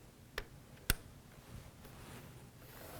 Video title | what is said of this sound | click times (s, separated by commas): #4 Laptop Printer set up 02.19.2016 | So you'll hear it click when it goes in. | 0.9 s